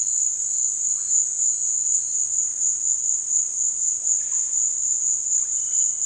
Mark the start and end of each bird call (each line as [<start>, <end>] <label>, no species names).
[0.84, 1.32] bird call
[4.07, 4.67] bird call